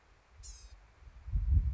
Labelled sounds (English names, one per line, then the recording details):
Blue-gray Gnatcatcher
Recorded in Sonoma County, California